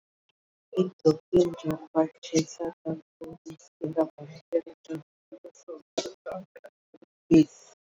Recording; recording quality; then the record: counting at a fast pace; excellent, no background noise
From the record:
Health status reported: COVID-19 positive, mild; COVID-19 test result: positive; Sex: female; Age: 52 years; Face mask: not worn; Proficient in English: yes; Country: India